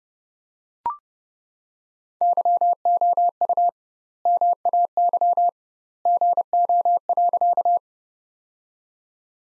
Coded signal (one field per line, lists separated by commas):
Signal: Morse code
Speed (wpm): 31 wpm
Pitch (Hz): 700 Hz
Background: none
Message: YOU MAY GO.